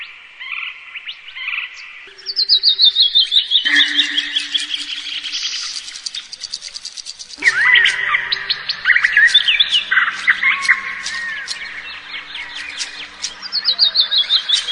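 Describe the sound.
Birds calling and singing in a busy chorus: overlapping chirps, whistles and fast descending trills, with a faint low steady hum underneath for much of the time.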